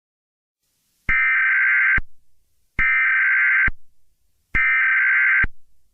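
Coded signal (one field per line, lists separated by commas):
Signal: Emergency Alert System (SAME) tones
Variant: header bursts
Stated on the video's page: Fictional EAS scenario about a hostage situation, simulated alert tones.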